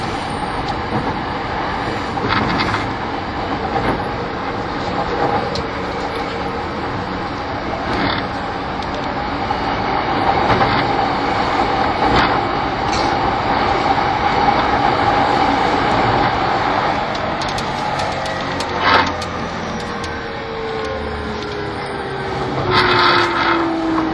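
An E231 series Yamanote Line train on the outer loop runs with a steady, dense rumble and a constant mid-pitched hum. Sharp rail clicks and knocks come every few seconds, and near the end a whining tone slides steadily downward as the train slows.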